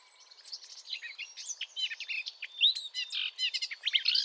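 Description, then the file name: Eurasian blackcap song: a rapid, scratchy warble of varied chirps and short whistles that grows louder and busier toward the end. "Sylvia atricapilla"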